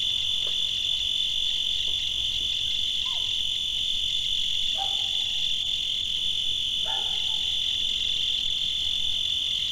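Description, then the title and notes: Cricket trilling in a steady, unbroken high-pitched buzz throughout, with a few faint short chirps and brief sounds from other creatures underneath. Made in Tavira, Tangier, Lima and Bhubaneswar. "ACA - Grabaciones de campo. Grillo. grabaciones hechas en tavira, tangier, lima, bhubanshwar"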